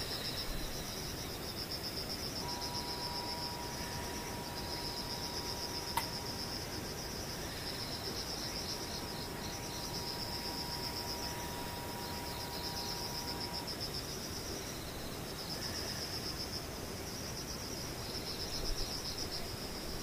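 Insects buzz and trill without pause, a high pulsing chorus that swells and eases in repeating waves throughout. A steady low rumble sits underneath, a faint thin tone holds from about 2 to 14 seconds, and a single sharp click lands near 6 seconds.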